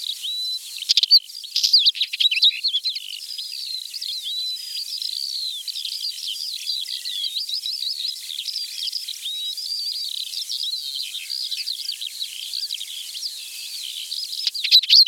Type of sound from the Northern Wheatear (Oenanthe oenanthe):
song